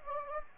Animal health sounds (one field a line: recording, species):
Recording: mosquito wingbeat signal from an infrared sensor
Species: Anopheles gambiae